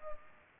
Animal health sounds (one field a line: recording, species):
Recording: mosquito wingbeat signal from an infrared sensor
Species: Culex pipiens